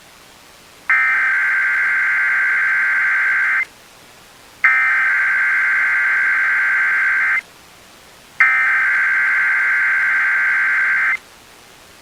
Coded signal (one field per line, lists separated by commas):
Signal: Emergency Alert System (SAME) tones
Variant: header bursts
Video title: EARLY-DECEMBER DESTRUCTION | EAS Alerts from 12/10/2021 (EAS #857-874)